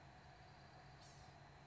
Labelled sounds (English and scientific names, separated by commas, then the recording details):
Blue-gray Gnatcatcher (Polioptila caerulea)
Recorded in Sonoma County, California